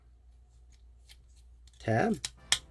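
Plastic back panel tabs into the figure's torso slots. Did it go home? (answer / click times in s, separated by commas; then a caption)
yes / 2.5 s. During transformation of a plastic Transformers Cyberverse Adventures action figure, the back panel is pressed down flat until its tabs catch in the torso slots. Someone talks briefly, then a single sharp snap is heard at 2.5 s. The back panel is locked into place.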